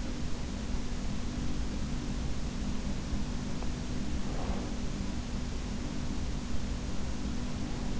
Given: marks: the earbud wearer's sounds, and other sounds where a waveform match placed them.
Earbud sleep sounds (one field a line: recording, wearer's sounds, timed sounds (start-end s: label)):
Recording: sounds in sleep by an in-ear microphone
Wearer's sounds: breath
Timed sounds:
3.97-5.45 s: breath